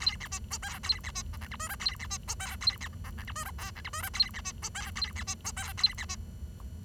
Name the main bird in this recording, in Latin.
Lonchura striata domestica